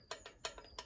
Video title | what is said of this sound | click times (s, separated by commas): PART 5 – Crankshaft End Float - How to Build a CB Performance 2017cc Builder’s Choice VW Engine | you can hear that, it means it's not seated properly. | 0.1 s, 0.3 s, 0.5 s, 0.6 s, 0.8 s